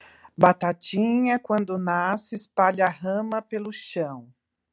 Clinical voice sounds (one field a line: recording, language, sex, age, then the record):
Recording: short text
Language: Brazilian Portuguese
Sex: female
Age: 50 to 59 years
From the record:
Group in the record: control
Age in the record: 56 years